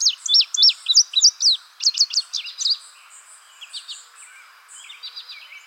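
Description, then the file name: Indigo bunting singing a rapid series of bright, high slurred notes, often doubled, fading toward the end into softer, fainter twittering. "suara kicauan burung indigo bunting. omkicau"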